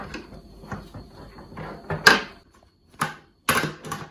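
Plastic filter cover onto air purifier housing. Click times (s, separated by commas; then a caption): 3.5 s. A plastic cover is fitted back onto a Bosch Air 4000 air purifier housing after a HEPA 13 filter has been inserted, with rustling handling and scraping plus a loud knock at about 2.1 s. A sharp snap at 3.5 s is the cover clicking into place, and it is seated.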